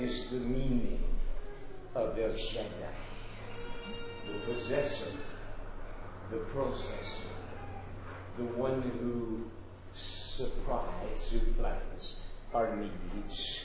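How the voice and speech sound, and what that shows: Adult male speaker with aphasia and apraxia of speech following a medical event, speaking in short phrases separated by pauses. He substitutes 'processor' for 'possessor'. At times he can find words but not get them to the tongue, and at other times he cannot retrieve them.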